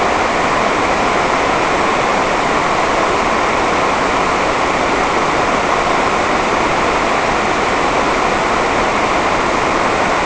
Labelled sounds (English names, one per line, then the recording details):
none
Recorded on Arctic tundra, site NAIT-1, on 28 June 2018
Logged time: 07:00